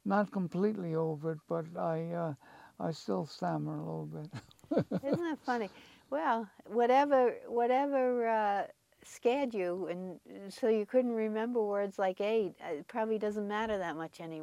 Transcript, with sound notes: not completely over it, but I - I still stammer a little bit. (Laughs)
Isn't that funny. Well, whatever scared you so you couldn't remember words like eight probably doesn't matter that much any more.